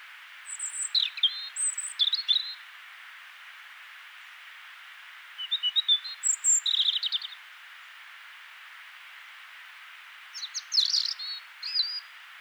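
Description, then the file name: European robin song: three short phrases of thin high whistles and rapid trills, separated by pauses of about three seconds, over a steady background hiss. "Erithacus rubecula"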